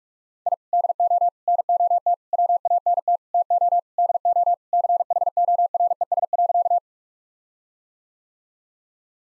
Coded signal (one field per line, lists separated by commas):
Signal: Morse code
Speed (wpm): 46 wpm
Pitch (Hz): 700 Hz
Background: none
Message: I DO NOT WANT TO DO CHORES.